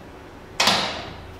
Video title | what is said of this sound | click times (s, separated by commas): Интелигентна блиндирана врата iPS F52Е | виждате че тя е стабилно заключена без да използваме механичната брава сега | 0.6 s